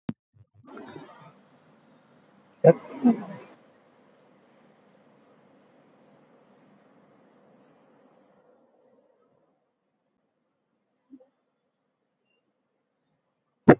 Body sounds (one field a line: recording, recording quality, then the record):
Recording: deep breathing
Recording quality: moderate, slight background noise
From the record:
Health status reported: COVID-19 positive, moderate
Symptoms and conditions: sore throat, fever, fatigue, muscle pain, loss of smell and taste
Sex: male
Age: 25 years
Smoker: not ticked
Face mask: not worn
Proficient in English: no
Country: India